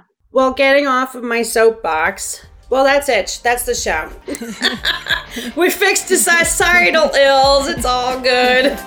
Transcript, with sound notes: Yeah.
Well getting off of my soapbox. Well, that’s it, that’s the show (laughs). We fixed the societal ills, it’s all good.